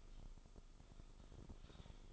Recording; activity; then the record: daily activity, microphone in the room; typing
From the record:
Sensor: 5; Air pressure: 988.8 hPa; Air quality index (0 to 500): 235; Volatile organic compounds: 193 ppm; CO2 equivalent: 4189 ppm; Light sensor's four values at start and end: 39/124/48/51 and 39/124/48/51